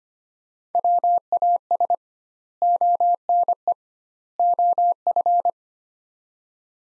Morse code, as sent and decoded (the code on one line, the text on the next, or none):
.-- .- ... / --- -. . / --- ..-.
WAS ONE OF